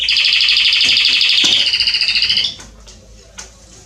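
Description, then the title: Canary: high buzzy trill lasting about two and a half seconds, then near silence with a faint click. Male singing a lot, used to warm up and train young canaries. "Canary Training Esquente Seu Filhote E Canario Belga Macho Cantando Muito. CANTO DO CANRIO"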